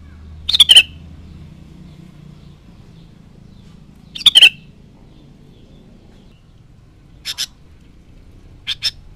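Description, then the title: Sooty-headed bulbul song: brief bright phrases of two or three quick descending notes, coming every few seconds over a faint low hum. "Kutilang"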